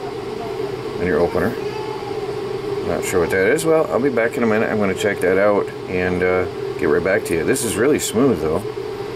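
Someone handles the folding arm of a stainless steel 10-in-1 pocket multi tool, swinging it toward its hinge detent while talking over a steady low hum. No distinct click is heard, and nothing has seated or locked in place yet by the end of the clip.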